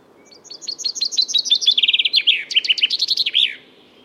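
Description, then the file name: Common chaffinch song: a rapid run of high, bright notes descending through several trilled phrases and ending in a sharp flourish. "Fringilla coelebs"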